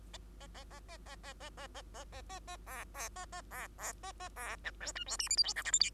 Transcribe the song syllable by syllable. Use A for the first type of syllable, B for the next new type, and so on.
A A A A A A A A A A A A A A B B A A B B A A B C D E F G H I J K L M N